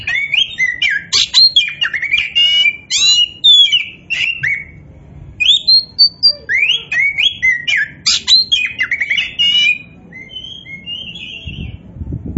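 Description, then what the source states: Oriental magpie-robin song: a rich, varied, continuous run of sweet whistles, sharp chirps and buzzy notes rising and falling, with brief pauses between bursts. Indonesian name kacer poci; described as gacor, singing actively and abundantly.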